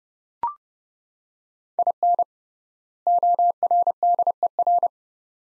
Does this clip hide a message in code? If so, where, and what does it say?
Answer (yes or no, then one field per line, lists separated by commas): yes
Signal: Morse code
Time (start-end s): 1.8-4.9 s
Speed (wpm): 30 wpm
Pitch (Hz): 700 Hz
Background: none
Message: IN ORDER